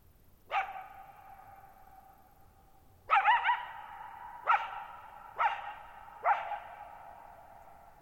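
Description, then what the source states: Coyote barking repeatedly, several sharp barks, each note echoing on behind it. Lone coyote, wild, calling at night on July 14, 2019, Thirtymile Meadows, Okanogan National Forest, Okanogan High Country at 1950 m; dry plateau, bowl-shaped meadow, boggy ground, long natural reverberation.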